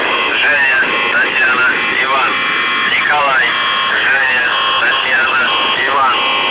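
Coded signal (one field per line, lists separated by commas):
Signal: channel marker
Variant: UVB-76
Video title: The Buzzer/UVB-76(4625Khz) June 8th, 2023 Voice messages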